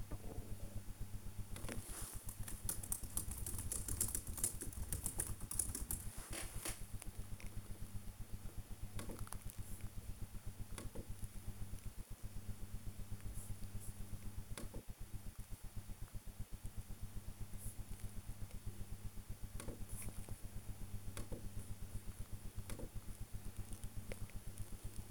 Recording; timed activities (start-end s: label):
household activities, microphone on the right wrist
0.00-8.66 s: working on the computer